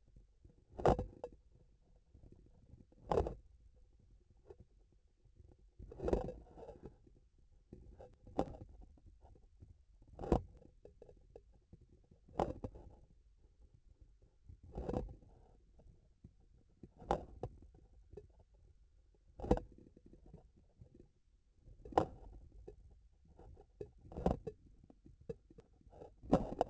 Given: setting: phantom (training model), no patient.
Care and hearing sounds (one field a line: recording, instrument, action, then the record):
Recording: laparoscopic instrument, vibration sensor on the handle end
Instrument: grasping forceps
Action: opening and closing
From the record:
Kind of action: tool actuation without material contact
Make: Olympus